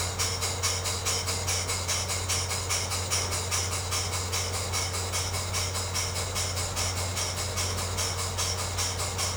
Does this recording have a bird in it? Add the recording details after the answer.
no. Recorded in secondary vegetation near Puerto Asís, Putumayo, Colombia, on 19 March 2025 at 13:30. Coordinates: 0.468, -76.324. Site G059